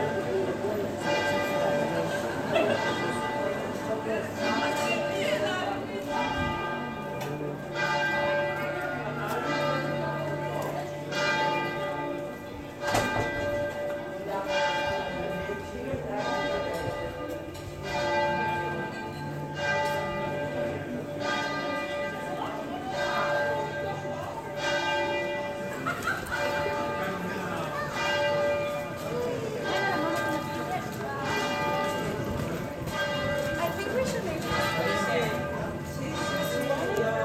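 A church bell rings in the evening in Venice, struck over and over at a fairly regular pace, each stroke leaving a long ringing tone that overlaps the next. The level stays steady throughout, with a faint murmur of voices and a low background hum beneath the bells.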